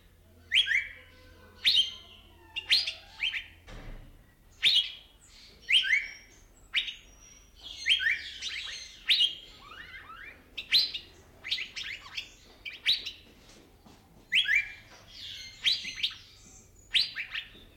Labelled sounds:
Asian Fairy-bluebird

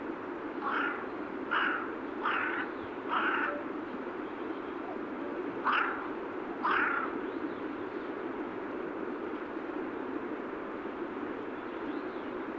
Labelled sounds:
Carrion Crow call

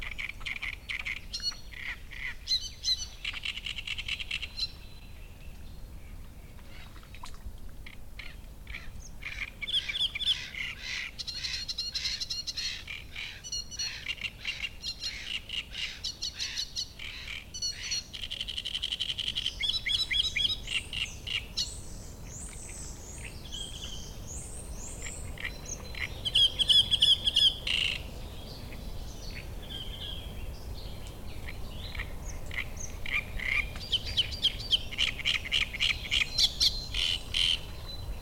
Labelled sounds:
Great Reed Warbler

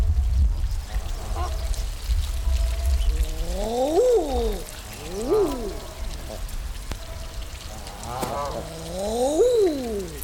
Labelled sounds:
Canada Goose call

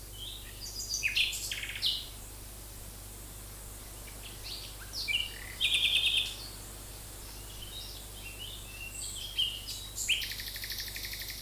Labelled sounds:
Common Nightingale song

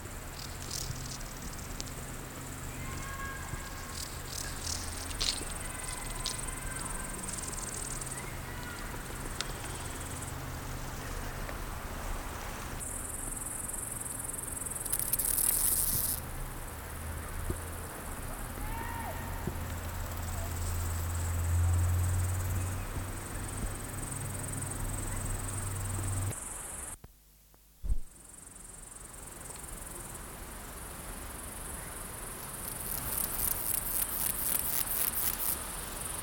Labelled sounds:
Steppe Grasshopper stridulation

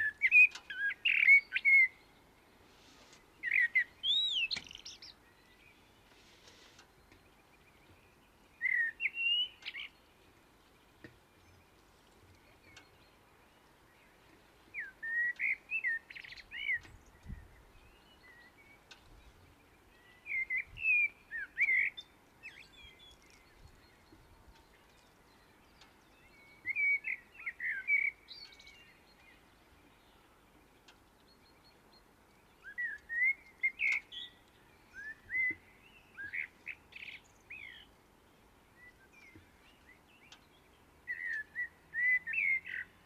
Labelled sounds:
Common Blackbird song

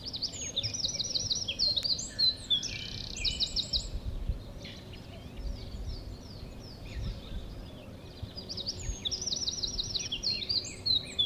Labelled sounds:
Eurasian Wren

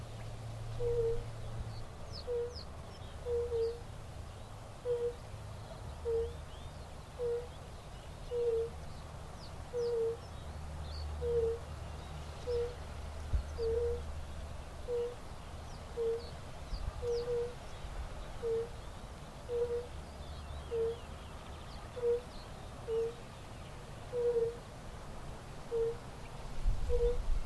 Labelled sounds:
Fire-Bellied Toad call

